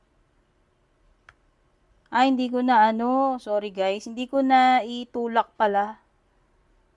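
A clear RINGKE Fusion hybrid plastic case is pressed onto a Galaxy S25 Ultra smartphone where one edge had not been pushed in, and a single sharp click at 1.3 s marks that edge snapping into place so the case sits flush. After a short quiet stretch, someone talks.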